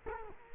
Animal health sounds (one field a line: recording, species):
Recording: mosquito wingbeat signal from an infrared sensor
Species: Culex quinquefasciatus